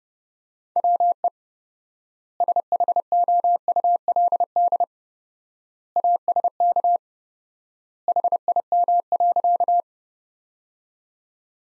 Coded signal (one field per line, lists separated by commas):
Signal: Morse code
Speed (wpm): 30 wpm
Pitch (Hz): 700 Hz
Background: none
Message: WE SHOULD ASK HIM.